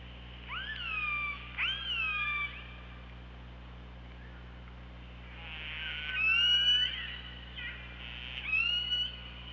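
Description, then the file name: Killer whale calls: two strong upswept harmonic cries, then a pulsed buzzy call and further rising squeals, over constant low hum. Recorded by OrcaLab hydrophone on 24 August 2017 at 15:23:08. "Orca Lab UTLN JASON 20170824 152308"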